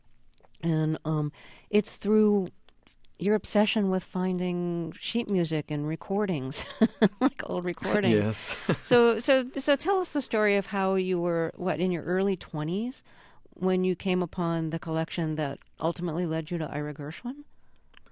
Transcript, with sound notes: and it's through your obsession with finding sheet music and recordings, like, old recordings.
(LAUGHTER)
Yes.
So tell us the story of how you were, what, in your early 20s when you came upon the collection that ultimately led you to Ira Gershwin.